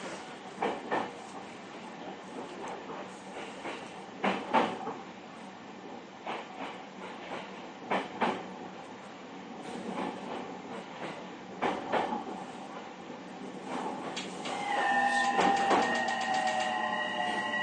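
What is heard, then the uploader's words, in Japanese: A JR East 231 series train runs steadily, a constant rumble under clattering wheel knocks that come every second or two, with louder joints near 4 and 8 seconds. From about 14 seconds, rising electric motor whines and a high squeal join in. JRE231系 伊東〜横浜。区間は伊東線→東海道線です。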